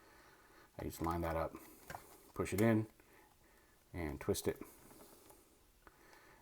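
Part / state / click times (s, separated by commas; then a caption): battery holder into toy lightsaber hilt / seated / 5.9 s. A plastic battery holder with three AAA cells is lined up with an arrow, pushed into a toy lightsaber hilt and twisted while someone talks. A single soft mechanical click sounds at 5.9 s as the holder twist-locks into the hilt and seats.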